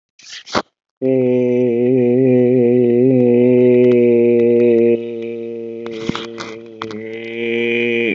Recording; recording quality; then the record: sustained vowel as in made; excellent, no background noise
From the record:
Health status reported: healthy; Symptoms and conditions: none ticked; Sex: male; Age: 38 years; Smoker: not ticked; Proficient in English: yes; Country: India